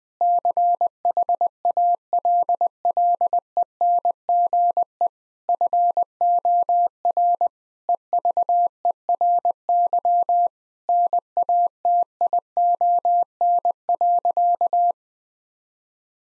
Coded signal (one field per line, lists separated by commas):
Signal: Morse code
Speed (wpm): 21 wpm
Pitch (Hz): 700 Hz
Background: none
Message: CHALLENGE FOR EVERY NATION.